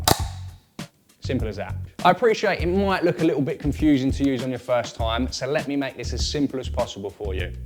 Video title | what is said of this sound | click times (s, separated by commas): How To Set Up - Spot On Bushwhacker Leading Bridge & Deeper Mount | and wait until I hear a click. | 0.1 s